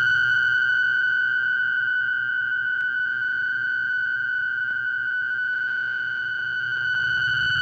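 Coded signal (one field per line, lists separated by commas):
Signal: fast PSK data mode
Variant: PSKR mode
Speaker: now until the end of today's program i will be using the pskr modes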